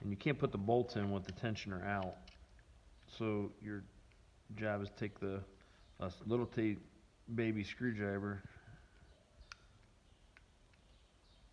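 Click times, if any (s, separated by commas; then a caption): 9.5 s, 10.4 s, 10.7 s. Someone talks while using a small screwdriver to wind the metal ratchet of an engine timing chain tensioner back, retracting the plunger into the tensioner body. Small clicks come at 9.5, 10.4 and 10.7 seconds as the plunger locks into its retracted position, leaving the tensioner seated.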